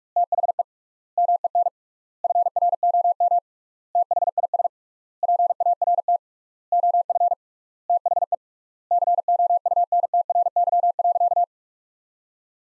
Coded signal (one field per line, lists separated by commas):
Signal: Morse code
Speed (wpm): 46 wpm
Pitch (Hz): 700 Hz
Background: none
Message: THE MEN FROM THIS PART OF THE COUNTRY.